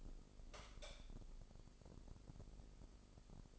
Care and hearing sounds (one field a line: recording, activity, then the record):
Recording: daily activity, microphone in the room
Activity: light on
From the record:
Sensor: 5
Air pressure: 995.4 hPa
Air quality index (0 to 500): 86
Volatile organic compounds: 4 ppm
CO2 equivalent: 1612 ppm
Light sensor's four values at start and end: 35/81/33/33 and 36/87/35/35